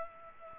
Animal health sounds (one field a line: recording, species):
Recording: mosquito wingbeat signal from an infrared sensor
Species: Culex pipiens